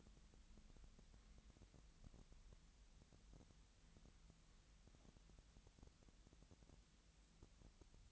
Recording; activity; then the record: daily activity, microphone in the room; wipe stove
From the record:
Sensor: 3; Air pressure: 1003.3 hPa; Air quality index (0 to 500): 199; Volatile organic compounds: 6 ppm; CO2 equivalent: 1941 ppm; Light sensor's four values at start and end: 10/24/10/10 and 10/24/10/10